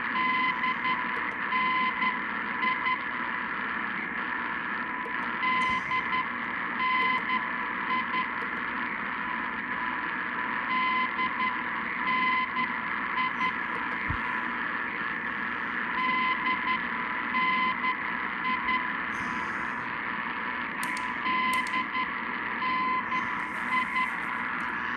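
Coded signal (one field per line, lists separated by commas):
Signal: Morse code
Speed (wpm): 11 wpm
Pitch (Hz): 1020 Hz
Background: radio noise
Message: DNI DNI DNI DNI DNI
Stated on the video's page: Received on Elad Duo-R and Icom 9500 receivers in comparison.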